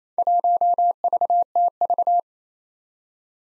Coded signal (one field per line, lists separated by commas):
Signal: Morse code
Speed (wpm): 27 wpm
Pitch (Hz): 700 Hz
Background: none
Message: 1VTV